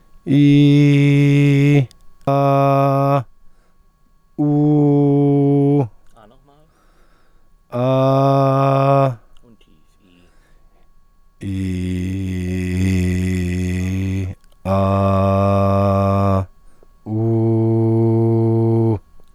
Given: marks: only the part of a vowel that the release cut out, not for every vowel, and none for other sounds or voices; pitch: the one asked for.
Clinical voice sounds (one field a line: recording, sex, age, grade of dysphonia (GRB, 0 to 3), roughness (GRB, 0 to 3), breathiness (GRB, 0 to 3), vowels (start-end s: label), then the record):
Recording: sustained vowels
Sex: male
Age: 40 to 49 years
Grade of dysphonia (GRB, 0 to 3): 0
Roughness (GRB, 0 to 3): 0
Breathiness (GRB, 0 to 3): 0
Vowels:
0.40-1.73 s: vowel /i/, high pitch
4.48-5.78 s: vowel /u/, high pitch
7.81-8.87 s: vowel /a/, high pitch
11.93-13.91 s: vowel /i/, low pitch
14.76-16.27 s: vowel /a/, low pitch
17.23-18.79 s: vowel /u/, low pitch
From the record:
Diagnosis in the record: healthy voice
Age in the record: 40 years